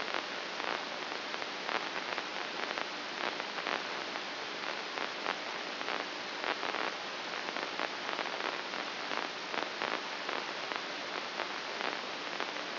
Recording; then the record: brain microelectrode recording played as sound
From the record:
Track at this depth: outside the subthalamic nucleus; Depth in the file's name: 7.628 mm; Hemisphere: left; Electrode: 2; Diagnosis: Parkinson's disease